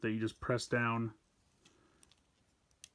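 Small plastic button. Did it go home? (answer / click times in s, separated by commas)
released / 2.8 s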